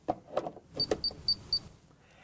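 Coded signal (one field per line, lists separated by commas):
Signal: beep code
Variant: Hunter ROAM receiver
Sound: a few plastic clicks, then four short, evenly spaced high-pitched beeps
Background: handling clicks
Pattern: 4 short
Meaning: Receiver has power and is ready to learn a new address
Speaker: you'll plug back on your receiver and hear your four beeps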